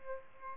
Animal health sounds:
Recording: mosquito wingbeat signal from an infrared sensor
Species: Aedes albopictus

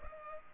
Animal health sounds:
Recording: mosquito wingbeat signal from an infrared sensor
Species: Culex pipiens

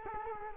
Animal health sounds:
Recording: mosquito wingbeat signal from an infrared sensor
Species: Culex quinquefasciatus

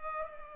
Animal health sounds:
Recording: mosquito wingbeat signal from an infrared sensor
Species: Culex pipiens

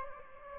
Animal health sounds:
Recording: mosquito wingbeat signal from an infrared sensor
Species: Aedes aegypti

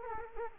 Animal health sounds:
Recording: mosquito wingbeat signal from an infrared sensor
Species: Culex quinquefasciatus

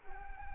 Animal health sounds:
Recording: mosquito wingbeat signal from an infrared sensor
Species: Anopheles arabiensis

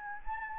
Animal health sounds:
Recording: mosquito wingbeat signal from an infrared sensor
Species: Anopheles gambiae

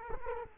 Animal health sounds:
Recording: mosquito wingbeat signal from an infrared sensor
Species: Culex quinquefasciatus

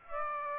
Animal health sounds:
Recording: mosquito wingbeat signal from an infrared sensor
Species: Aedes aegypti

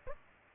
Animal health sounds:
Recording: mosquito wingbeat signal from an infrared sensor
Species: Aedes aegypti

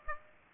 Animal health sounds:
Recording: mosquito wingbeat signal from an infrared sensor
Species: Aedes aegypti

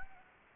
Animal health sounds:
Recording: mosquito wingbeat signal from an infrared sensor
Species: Anopheles gambiae

